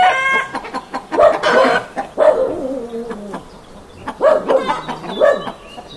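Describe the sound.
Chicken calls, a few loud harsh squawks separated by softer clucks and a drawn-out falling note in the middle, then more squawks near the end.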